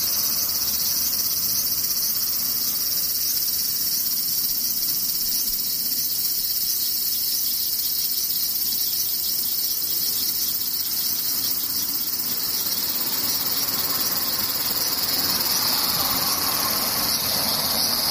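Cicadas buzz in a dense, unbroken shrill drone, steady and bright throughout, with a faint low rumble of traffic beneath.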